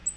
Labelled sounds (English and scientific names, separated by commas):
Black-throated Green Warbler (Setophaga virens) flight call